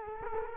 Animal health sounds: mosquito wingbeat signal from an infrared sensor; Culex quinquefasciatus

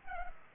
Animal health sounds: mosquito wingbeat signal from an infrared sensor; Culex pipiens

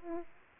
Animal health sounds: mosquito wingbeat signal from an infrared sensor; Aedes aegypti

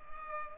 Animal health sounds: mosquito wingbeat signal from an infrared sensor; Culex pipiens

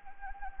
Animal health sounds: mosquito wingbeat signal from an infrared sensor; Anopheles gambiae

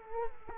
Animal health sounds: mosquito wingbeat signal from an infrared sensor; Culex quinquefasciatus

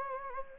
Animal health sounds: mosquito wingbeat signal from an infrared sensor; Anopheles gambiae

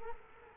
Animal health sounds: mosquito wingbeat signal from an infrared sensor; Culex quinquefasciatus

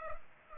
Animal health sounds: mosquito wingbeat signal from an infrared sensor; Culex pipiens

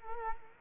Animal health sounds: mosquito wingbeat signal from an infrared sensor; Culex quinquefasciatus

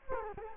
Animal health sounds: mosquito wingbeat signal from an infrared sensor; Culex quinquefasciatus

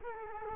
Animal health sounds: mosquito wingbeat signal from an infrared sensor; Culex quinquefasciatus

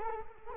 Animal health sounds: mosquito wingbeat signal from an infrared sensor; Culex quinquefasciatus

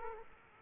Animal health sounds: mosquito wingbeat signal from an infrared sensor; Culex quinquefasciatus

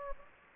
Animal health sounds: mosquito wingbeat signal from an infrared sensor; Anopheles gambiae

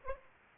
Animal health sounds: mosquito wingbeat signal from an infrared sensor; Aedes aegypti

